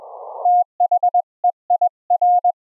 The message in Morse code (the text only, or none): THEIR